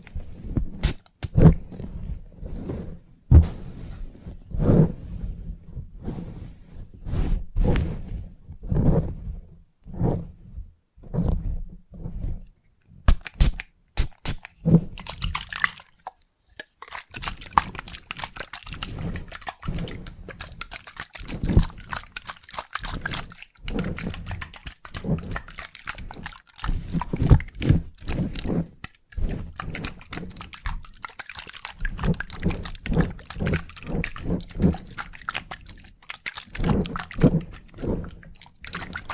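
Salon haircut and head massage with a continuous stream of irregular snips and rubbing scrapes, becoming denser and brighter after about fifteen seconds.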